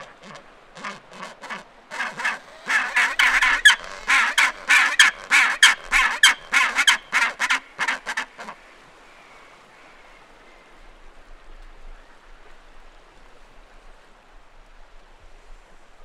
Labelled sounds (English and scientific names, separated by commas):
Chinstrap Penguin (Pygoscelis antarcticus) call